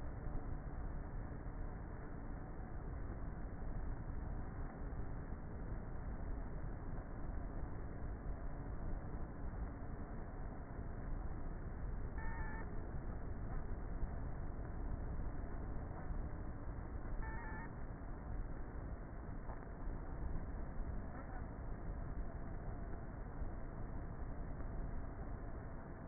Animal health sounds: honeybee colony, microphone inside the hive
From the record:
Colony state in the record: queenless with a low population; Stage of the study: before two queens were removed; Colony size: about 30,000 bees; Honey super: no

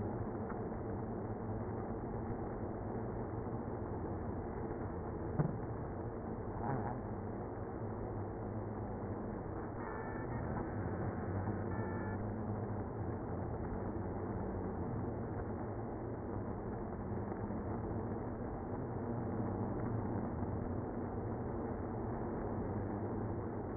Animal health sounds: honeybee colony, microphone inside the hive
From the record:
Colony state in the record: queenless (queen removed); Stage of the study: after two queens were removed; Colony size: about 60,000 bees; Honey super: yes

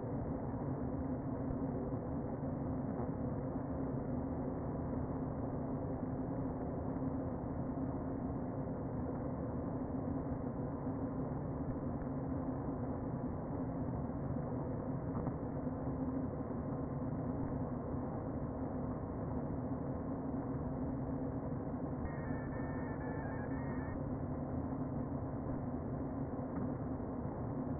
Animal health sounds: honeybee colony, microphone inside the hive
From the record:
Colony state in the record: queen present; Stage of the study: before two queens were removed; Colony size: about 60,000 bees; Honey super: yes

